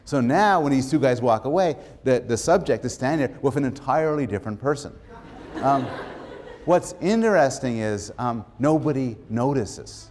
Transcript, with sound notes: So now, when these two guys walk away, the subject is standing there with an entirely different person. [laughter] What's interesting is nobody notices.